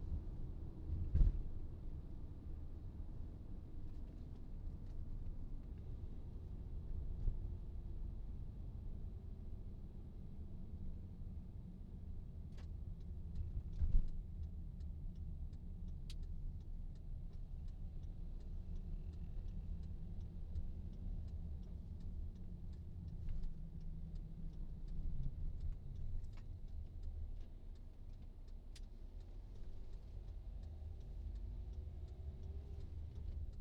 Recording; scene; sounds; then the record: everyday scene through a hearing-aid microphone; in a vehicle; engine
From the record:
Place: VW T5 Caravelle, diesel engine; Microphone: in the ear canal, right